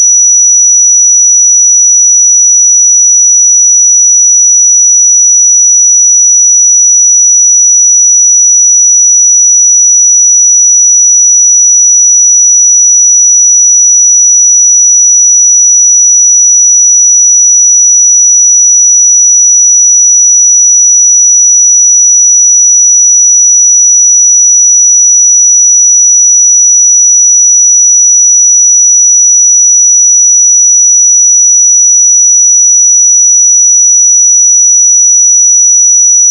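A pure sine tone at 5880 Hz holds perfectly steady for the whole thirty-six seconds, thin and piercingly high. The level never changes and nothing else sounds behind it, with no pauses or breaks between start and finish.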